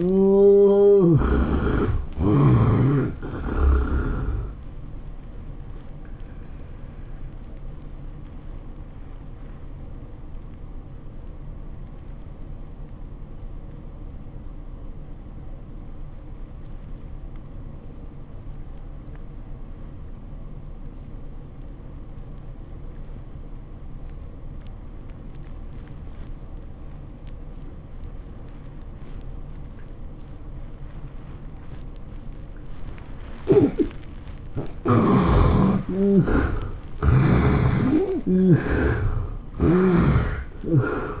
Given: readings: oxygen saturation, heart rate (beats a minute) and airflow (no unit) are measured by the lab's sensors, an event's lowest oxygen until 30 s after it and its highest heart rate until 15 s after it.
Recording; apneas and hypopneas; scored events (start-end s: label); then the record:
breathing in sleep by a smartphone at the bedside; 1
7.00-34.90 s: hypopnea (N1, oxygen 96% highest, then 67% lowest, heart rate 109 at the start, 112 highest)
From the record:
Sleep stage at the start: N1 (lightest sleep); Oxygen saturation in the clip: 73 to 96%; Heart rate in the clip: 87 to 112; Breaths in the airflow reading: 5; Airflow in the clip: -12.5 to 13.4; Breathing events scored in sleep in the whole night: 403 in 5.5 hours asleep